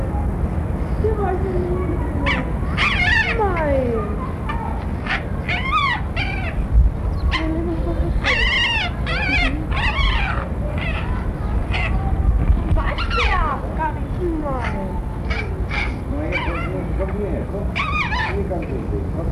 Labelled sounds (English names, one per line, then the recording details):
Raccoon aggressive call
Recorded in captivity
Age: adult
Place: Tierpark Berlin, Berlin, DE
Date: 1963-04-06 15:00
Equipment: Minifon, Kopie Smaragd
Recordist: Tembrock, Günter
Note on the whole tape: Laute eines Tieres während Annäherung eines zweiten, dieser mehrfach Nackenbiss (beide in den offenen Hütte, Abstand 8m)